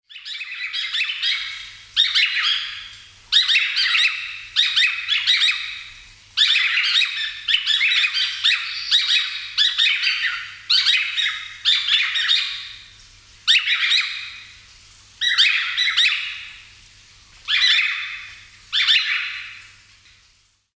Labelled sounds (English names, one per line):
Blue Manakin